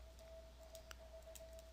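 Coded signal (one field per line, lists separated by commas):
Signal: none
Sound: video sound effect beeps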